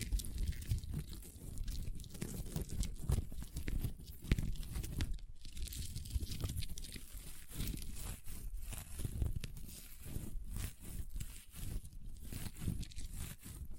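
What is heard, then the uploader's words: Crunchy slime being squeezed and pressed, making a dense, continuous stream of crackling and wet popping. The sound is busy and uneven, with louder crunches around 4 and 5 seconds and frequent brief dips between bursts, strongest in the low end. ASMR Satisfying Crunchy Slime (No Talking).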